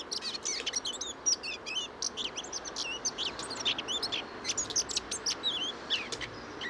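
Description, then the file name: Eurasian blackcap song: continuous fast warbling of high, twisting notes, busy and scratchy, over a faint background hiss. "Sylvia atricapilla"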